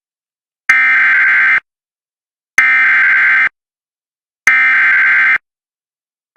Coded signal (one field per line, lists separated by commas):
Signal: Emergency Alert System (SAME) tones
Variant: header bursts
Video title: US Emergency Alert Systems 2026 (part 7)